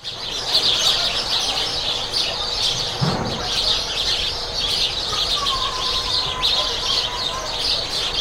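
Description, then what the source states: Sparrows chirping in a dense, continuous chorus of overlapping tweets, with a brief low thump near three seconds and a faint drawn-out tone in the second half. Loud sparrows at the port of Corumbá, a border town with Bolivia.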